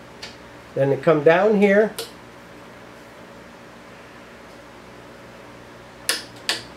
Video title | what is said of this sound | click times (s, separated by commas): PROPELLER INSTALLATION | there's my click | 6.1 s, 6.5 s